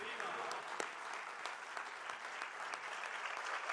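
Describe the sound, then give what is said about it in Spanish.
Steady applause from a crowd in salute to the people of Peru, a dense wash of many hands clapping with no pauses, holding an even loudness throughout with a few sharper individual claps standing out. “Un saludo al pueblo del Perú y un aplauso bolivariano, sucrista, sanmartiniano.”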